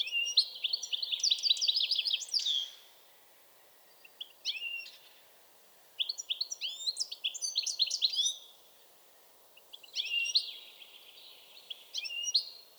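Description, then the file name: European goldfinch song in several bursts of fast, tinkling and buzzy twitters separated by short pauses, with a few sharp notes between them. "Carduelis carduelis"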